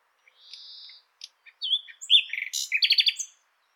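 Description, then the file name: Common nightingale song, opening with a thin drawn-out whistle and scattered clicks, then building into loud, varied, rapidly repeated rich phrases. "Luscinia megarhynchos"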